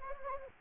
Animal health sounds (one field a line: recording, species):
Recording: mosquito wingbeat signal from an infrared sensor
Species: Anopheles gambiae